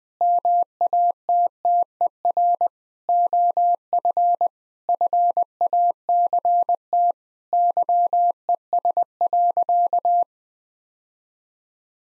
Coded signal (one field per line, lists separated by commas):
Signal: Morse code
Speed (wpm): 21 wpm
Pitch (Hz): 700 Hz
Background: none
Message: MATTER OF FACT YES.